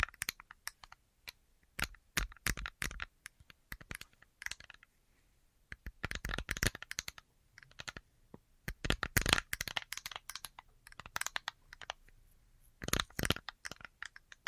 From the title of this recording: Tapping Assortment